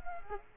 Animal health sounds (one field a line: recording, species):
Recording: mosquito wingbeat signal from an infrared sensor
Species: Culex quinquefasciatus